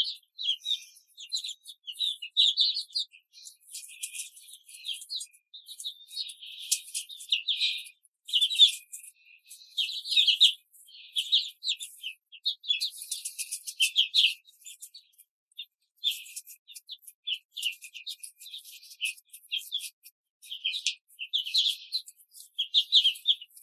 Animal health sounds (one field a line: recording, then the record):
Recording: young laying hens in a cage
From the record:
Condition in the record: control cage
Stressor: none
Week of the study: 5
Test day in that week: 1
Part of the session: 3